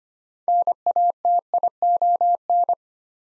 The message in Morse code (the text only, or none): NATION